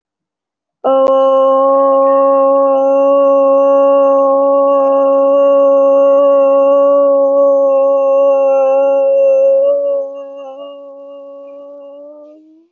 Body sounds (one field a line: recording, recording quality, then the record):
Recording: sustained vowel as in boot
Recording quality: excellent, no background noise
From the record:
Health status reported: recovered from COVID-19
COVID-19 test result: positive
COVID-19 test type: RT-PCR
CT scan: taken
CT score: 0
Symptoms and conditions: fatigue, muscle pain, another condition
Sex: female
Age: 25 years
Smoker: no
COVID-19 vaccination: both doses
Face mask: worn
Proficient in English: yes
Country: India